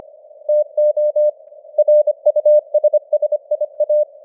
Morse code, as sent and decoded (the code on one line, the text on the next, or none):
- --- / .-. ..- ... ... .. .-
TO RUSSIA